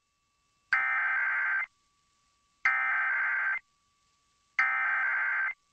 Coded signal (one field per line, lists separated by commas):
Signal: Emergency Alert System (SAME) tones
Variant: header bursts